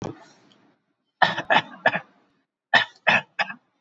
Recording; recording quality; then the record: shallow voluntary cough; excellent, no background noise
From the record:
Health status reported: COVID-19 positive, mild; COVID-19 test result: positive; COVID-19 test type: RT-PCR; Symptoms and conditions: sore throat, hypertension, diabetes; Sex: male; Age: 50 years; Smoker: no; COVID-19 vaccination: both doses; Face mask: not worn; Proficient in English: yes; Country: India